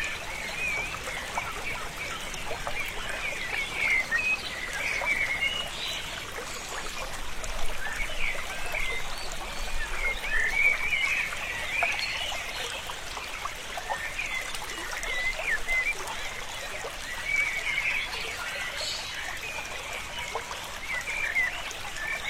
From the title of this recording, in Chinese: 清晨的山泉水 伴着虫鸣鸟叫